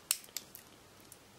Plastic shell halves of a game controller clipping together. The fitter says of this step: Voilà, tout est reclipsé. C'est parfait.